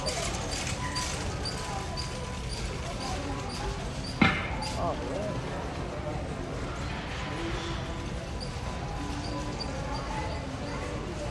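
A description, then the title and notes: A busy store aisle with a steady, dense hum of voices and shuffling movement throughout. Around four seconds a single sharp knock or clatter stands out, followed by faint rattling and rolling. A low, even room rumble sits underneath the whole scene. A relaxing stroll through a Walmart. You'll hear the sounds of shopping carts and baskets rolling across the floor, as customers make their way through the aisles. The sound of products being picked up and put back, the rustle of bags and boxes, and the clink of cans and bottles create a sense of activity and movement.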